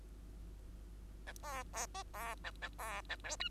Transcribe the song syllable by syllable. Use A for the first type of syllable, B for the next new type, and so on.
A B B C B A A B A D E